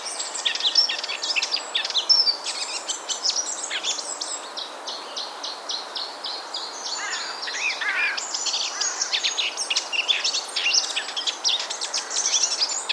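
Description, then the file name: Eurasian blackcap singing a long, continuous jumble of quick chattering and warbled notes, with a brief lower pattern of notes partway through, over constant hiss. "Sylvia atricapilla"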